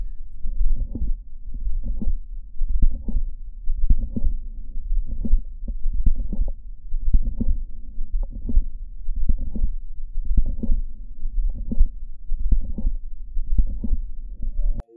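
Steady heart cycles at about 55 a minute, each with several sharp clicks in systole followed by a short late-systolic murmur, heard by stethoscope in an adult lying on the left side. This pattern is an atypical auscultatory presentation of mitral valve prolapse.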